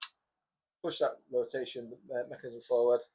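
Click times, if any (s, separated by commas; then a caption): 0.0 s. A rotary magazine is pushed home into the breech of a Weihrauch HW100KT .20 calibre air rifle after the cocking lever has been pulled back. It seats with a single short tick at 0.0 s, and then someone talks.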